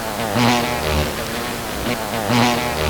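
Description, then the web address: Insect buzzing, a steady droning hum that swells and fades. "E-MU Producer Series Vol 3 – Hollywood Sound Effects Human Animal Insects 2 ONE BUG"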